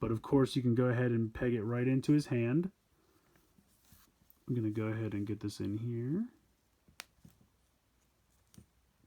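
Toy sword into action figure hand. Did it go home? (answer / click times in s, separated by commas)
yes / 8.5 s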